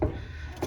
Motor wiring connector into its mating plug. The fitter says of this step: just a line and push make sure it clicks